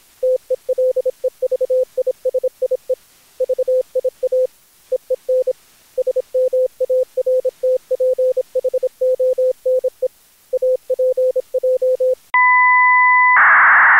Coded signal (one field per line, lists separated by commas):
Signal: Morse code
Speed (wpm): 25 wpm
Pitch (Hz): 510 Hz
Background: none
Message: TELEVISIE VIA EEN SMARTPHONE APJ